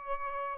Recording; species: mosquito wingbeat signal from an infrared sensor; Aedes albopictus